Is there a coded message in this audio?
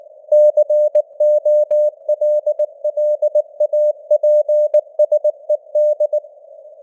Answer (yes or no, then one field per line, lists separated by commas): yes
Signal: Morse code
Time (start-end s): 0.3-6.2 s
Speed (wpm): 19 wpm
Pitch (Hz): 600 Hz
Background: none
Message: COLLAPSED